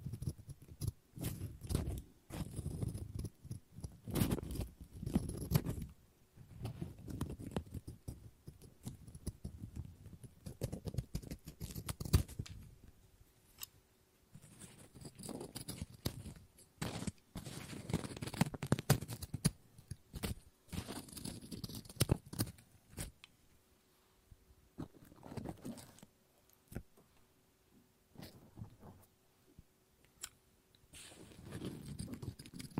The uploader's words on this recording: ASMR Scissors No Talking Snips and Cutting Paper.